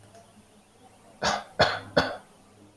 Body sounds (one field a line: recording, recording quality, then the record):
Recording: shallow voluntary cough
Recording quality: excellent, no background noise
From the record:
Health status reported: recovered from COVID-19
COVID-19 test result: negative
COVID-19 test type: RT-PCR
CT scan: taken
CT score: 5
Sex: male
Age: 49 years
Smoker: no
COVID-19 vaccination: both doses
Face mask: not worn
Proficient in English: yes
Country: India